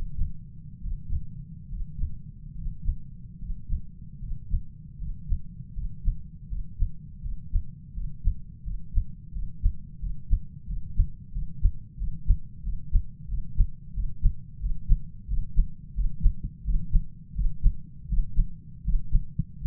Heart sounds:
heart sounds by stethoscope; 83 bpm
0.80 s: heartbeat
1.69 s: heartbeat
2.54 s: heartbeat
3.38 s: heartbeat
4.19 s: heartbeat
4.97 s: heartbeat
5.73 s: heartbeat
6.47 s: heartbeat
7.21 s: heartbeat
7.93 s: heartbeat
8.63 s: heartbeat
9.32 s: heartbeat
9.99 s: heartbeat
10.66 s: heartbeat
11.32 s: heartbeat
11.97 s: heartbeat
12.62 s: heartbeat
13.27 s: heartbeat
13.93 s: heartbeat
14.59 s: heartbeat
15.27 s: heartbeat
15.94 s: heartbeat
16.63 s: heartbeat
17.34 s: heartbeat
18.07 s: heartbeat
18.83 s: heartbeat
19.60 s: heartbeat
From the record:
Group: healthy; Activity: breath hold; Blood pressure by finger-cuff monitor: 101/66 mmHg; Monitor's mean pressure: 77 mmHg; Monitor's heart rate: 85 bpm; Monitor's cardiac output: 7.7 L/min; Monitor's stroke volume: 91 mL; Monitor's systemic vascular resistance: 690 dyn s/cm5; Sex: male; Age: 23 years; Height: 178 cm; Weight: 96.6 kg

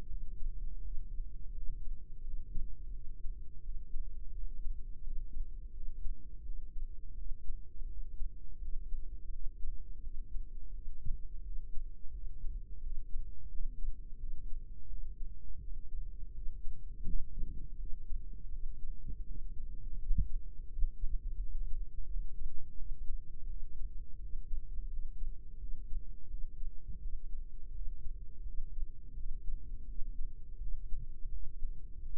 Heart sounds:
heart sounds by microphone in the right ear; 85 bpm
0.07 s: heartbeat
0.81 s: heartbeat
1.52 s: heartbeat
2.22 s: heartbeat
2.91 s: heartbeat
3.61 s: heartbeat
4.31 s: heartbeat
5.01 s: heartbeat
5.71 s: heartbeat
6.43 s: heartbeat
7.15 s: heartbeat
7.87 s: heartbeat
8.59 s: heartbeat
9.30 s: heartbeat
10.01 s: heartbeat
10.72 s: heartbeat
11.42 s: heartbeat
12.11 s: heartbeat
12.80 s: heartbeat
13.49 s: heartbeat
14.17 s: heartbeat
14.87 s: heartbeat
15.59 s: heartbeat
16.32 s: heartbeat
17.04 s: heartbeat
17.76 s: heartbeat
18.50 s: heartbeat
19.24 s: heartbeat
19.97 s: heartbeat
20.67 s: heartbeat
21.37 s: heartbeat
22.06 s: heartbeat
22.75 s: heartbeat
23.46 s: heartbeat
24.18 s: heartbeat
24.88 s: heartbeat
25.58 s: heartbeat
26.28 s: heartbeat
26.99 s: heartbeat
27.71 s: heartbeat
28.43 s: heartbeat
29.14 s: heartbeat
29.85 s: heartbeat
30.58 s: heartbeat
31.30 s: heartbeat
32.00 s: heartbeat
From the record:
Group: healthy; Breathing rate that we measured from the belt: 16 breaths a minute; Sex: female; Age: 51 years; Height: 162 cm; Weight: 70.04 kg

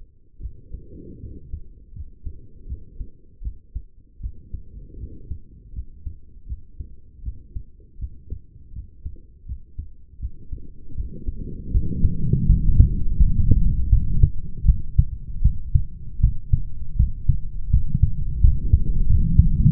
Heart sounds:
heart sounds by stethoscope; 81 bpm
0.40 s: heartbeat
1.20 s: heartbeat
1.93 s: heartbeat
2.66 s: heartbeat
3.42 s: heartbeat
4.20 s: heartbeat
4.98 s: heartbeat
5.73 s: heartbeat
6.46 s: heartbeat
7.23 s: heartbeat
7.98 s: heartbeat
8.73 s: heartbeat
9.46 s: heartbeat
10.19 s: heartbeat
10.95 s: heartbeat
11.71 s: heartbeat
12.46 s: heartbeat
13.17 s: heartbeat
13.89 s: heartbeat
14.65 s: heartbeat
15.42 s: heartbeat
16.20 s: heartbeat
16.96 s: heartbeat
17.70 s: heartbeat
18.40 s: heartbeat
19.06 s: heartbeat
19.70 s: heartbeat
From the record:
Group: healthy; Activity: rest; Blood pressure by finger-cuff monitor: 108/73 mmHg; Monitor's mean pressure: 81 mmHg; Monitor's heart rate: 80 bpm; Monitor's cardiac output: 5.9 L/min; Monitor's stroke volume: 74 mL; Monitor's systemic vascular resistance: 1000 dyn s/cm5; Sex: male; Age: 21 years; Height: 170 cm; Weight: 71 kg

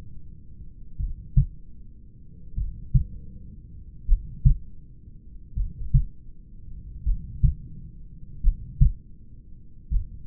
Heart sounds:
heart sounds by stethoscope; 40 bpm
1.02 s: heartbeat
2.60 s: heartbeat
4.11 s: heartbeat
5.59 s: heartbeat
7.08 s: heartbeat
8.46 s: heartbeat
9.94 s: heartbeat
From the record:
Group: heart failure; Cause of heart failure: familial cardiomyopathy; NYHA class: 1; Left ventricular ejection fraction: 49%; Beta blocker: bisoprolol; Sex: male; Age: 31 years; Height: 194 cm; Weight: 96 kg

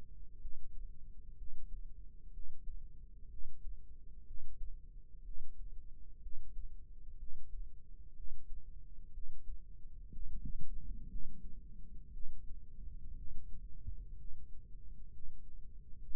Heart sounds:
heart sounds by microphone in the left ear; 62 bpm
0.39 s: heartbeat
1.35 s: heartbeat
2.31 s: heartbeat
3.28 s: heartbeat
4.24 s: heartbeat
5.23 s: heartbeat
6.20 s: heartbeat
7.17 s: heartbeat
8.13 s: heartbeat
9.11 s: heartbeat
10.09 s: heartbeat
11.07 s: heartbeat
12.11 s: heartbeat
13.14 s: heartbeat
14.15 s: heartbeat
15.10 s: heartbeat
15.96 s: heartbeat
From the record:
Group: healthy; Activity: breath hold 0-10 s, rest 10-16 s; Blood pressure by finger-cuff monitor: 132/59 mmHg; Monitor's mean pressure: 79 mmHg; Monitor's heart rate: 62 bpm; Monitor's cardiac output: 6 L/min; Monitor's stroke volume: 98 mL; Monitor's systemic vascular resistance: 950 dyn s/cm5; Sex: female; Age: 37 years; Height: 168 cm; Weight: 70 kg

